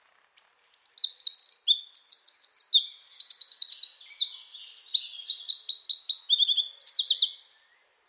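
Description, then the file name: Eurasian wren delivering a long, loud, high-pitched song of rapid trills and rattles, over seven seconds, shifting between several fast repeated phrases. "Troglodytes troglodytes"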